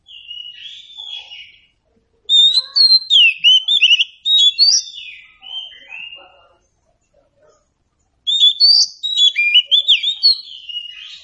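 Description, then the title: Magpie-robin song, two bursts of rapid, varied whistles and chattering notes separated by a short silence. Local name kacer; meant to prompt a bird to sing in reply. "Nyaut Kacer"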